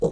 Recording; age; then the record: pig call; piglet (1 to 25 days)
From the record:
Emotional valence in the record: negative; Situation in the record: long isolation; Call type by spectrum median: low-frequency call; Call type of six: low-frequency tonal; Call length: 0.12 s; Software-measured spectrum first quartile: 238 Hz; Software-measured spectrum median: 424 Hz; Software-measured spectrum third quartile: 506 Hz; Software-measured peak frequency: 474 Hz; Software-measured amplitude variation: 147 dB a second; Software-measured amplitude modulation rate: 12.7 a second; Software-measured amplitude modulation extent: 11.6 dB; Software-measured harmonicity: 5.9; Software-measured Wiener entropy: -0.81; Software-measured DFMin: 1141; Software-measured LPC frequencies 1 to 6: 477, 3357, 3938, 5792, 6982, 7596 Hz